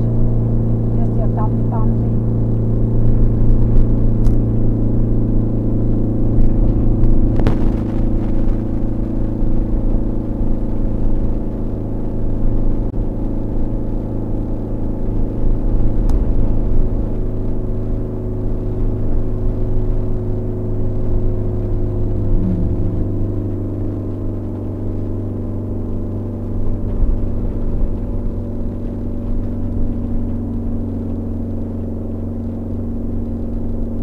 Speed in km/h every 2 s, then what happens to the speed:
40, 40, 40, 38, 38, 38, 38, 38, 38, 37, 37, 37, 35, 35, 35, 33, 33.
0-34 steady at about 38.